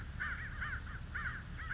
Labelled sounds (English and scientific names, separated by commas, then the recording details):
American Crow (Corvus brachyrhynchos)
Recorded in Sonoma County, California